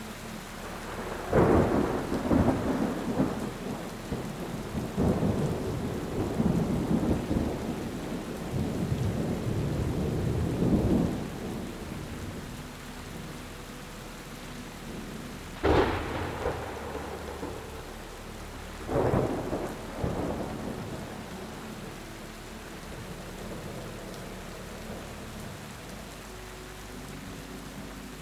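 Rolling thunder fills the first eleven seconds with dense, low rumbling bursts, then eases into a steady hiss of rain. Sharper cracks of thunder strike near sixteen and nineteen seconds, followed by a quieter wash of rain with faint low tones underneath.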